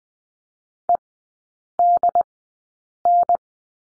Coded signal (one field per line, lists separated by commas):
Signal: Morse code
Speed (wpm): 20 wpm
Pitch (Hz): 700 Hz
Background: none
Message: EDN